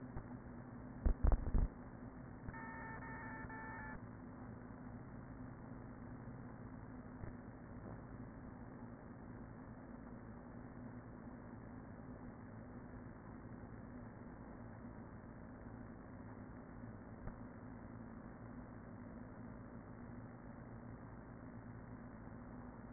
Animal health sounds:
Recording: honeybee colony, microphone inside the hive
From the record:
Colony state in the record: queen present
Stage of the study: after two queens were removed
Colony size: about 40,000 bees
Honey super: no

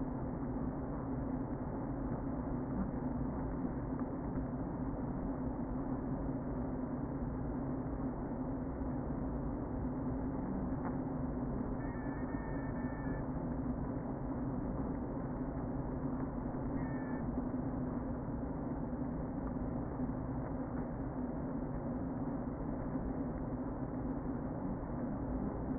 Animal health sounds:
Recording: honeybee colony, microphone inside the hive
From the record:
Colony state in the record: queen present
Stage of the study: before two queens were removed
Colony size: about 60,000 bees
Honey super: yes

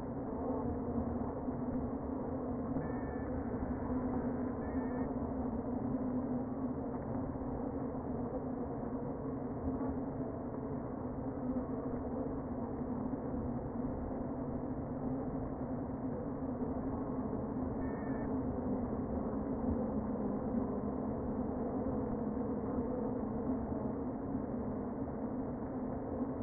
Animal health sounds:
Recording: honeybee colony, microphone inside the hive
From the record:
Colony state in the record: queen present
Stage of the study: before two queens were removed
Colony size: about 60,000 bees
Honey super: yes

